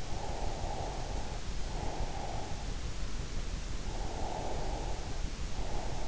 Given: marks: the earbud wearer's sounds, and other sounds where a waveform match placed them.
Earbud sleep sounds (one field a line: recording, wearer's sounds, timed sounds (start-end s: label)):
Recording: sounds in sleep by an in-ear microphone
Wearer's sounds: breath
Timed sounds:
0.16-2.64 s: breath
3.85-6.08 s: breath